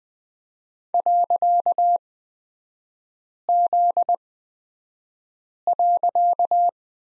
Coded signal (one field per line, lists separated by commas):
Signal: Morse code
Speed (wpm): 20 wpm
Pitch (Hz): 700 Hz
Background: none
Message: .Z.